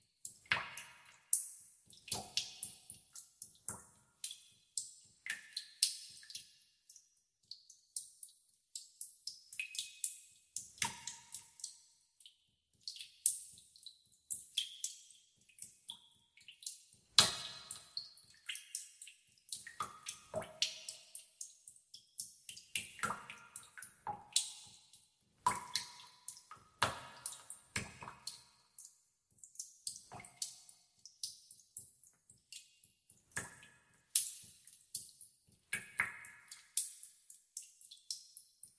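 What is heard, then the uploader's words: Water drips steadily and irregularly, with many quick bright splashes throughout and occasional heavier plops, some ringing briefly, over a quiet background. Dripping Water.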